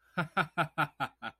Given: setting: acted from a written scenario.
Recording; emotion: vocal sound without words; amusement